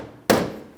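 A plastic push clip on the rear door trim panel of a 2007-2014 Chevrolet Silverado 2500HD, lined up with its hole in the metal inner door shell, is tapped in by hand during a rear exterior door handle replacement. One sharp, broadband tap with a strong low-mid body is heard at 0.3 s, then fades over about a third of a second. The clip is seated.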